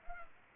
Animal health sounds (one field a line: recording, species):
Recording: mosquito wingbeat signal from an infrared sensor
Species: Culex pipiens